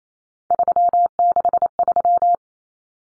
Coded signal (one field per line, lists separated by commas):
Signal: Morse code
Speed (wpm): 28 wpm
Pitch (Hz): 700 Hz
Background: none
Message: 363